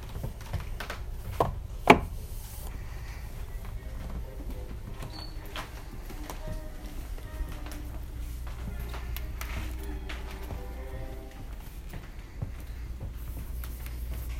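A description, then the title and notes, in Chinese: Wooden floorboards in a bookstore late at night. A low, steady rumble runs throughout, with a couple of sharp knocks and creaks near the two-second mark, then scattered soft taps and faint murmuring voices for the rest of the clip. 半夜敦南誠品的木地板聲。暖色的實木地板和台階。走過20幾年的老木頭嘎嘎響著。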